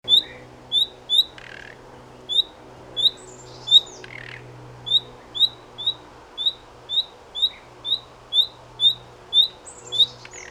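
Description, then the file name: Common nightingale calling: thin, upslurred whistled notes repeated steadily, with a few scratchy, softer notes mixed in. "Luscinia megarhynchos"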